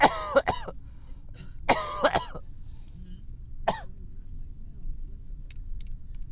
Taking An Inhaler And Coughing While In The Car With My Family.